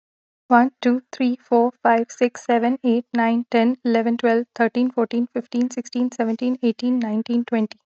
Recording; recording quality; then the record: counting at a fast pace; excellent, no background noise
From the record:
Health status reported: healthy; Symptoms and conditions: none ticked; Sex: female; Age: 41 years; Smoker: not ticked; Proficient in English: yes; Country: India